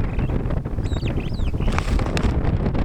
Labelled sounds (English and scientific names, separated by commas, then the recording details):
Superb Starling (Lamprotornis superbus) flight call
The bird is a male
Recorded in Kenya on 27 May 2010
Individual 93, of group SRB1